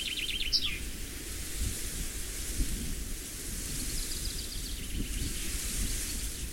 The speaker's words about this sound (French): Avant que le froid glace les ruisseaux et voile le ciel de vapeurs moroses, écoute chanter les derniers oiseaux, regarde fleurir les dernières roses.